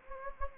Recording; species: mosquito wingbeat signal from an infrared sensor; Anopheles gambiae